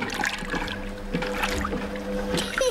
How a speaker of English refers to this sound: We put the clothes in here and then we switch it on. The washing machine is filling up with hot, soapy water.